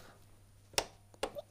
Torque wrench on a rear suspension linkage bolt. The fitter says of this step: it nice click